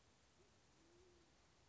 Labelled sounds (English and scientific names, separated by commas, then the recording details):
Band-tailed Pigeon (Patagioenas fasciata)
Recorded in Sonoma County, California